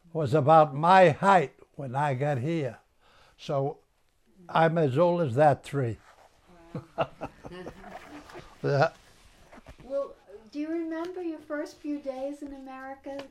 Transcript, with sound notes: was about my height when I got here, so I'm as old as that tree. ( he laughs )
Wow. Well, do you remember your first few days in America?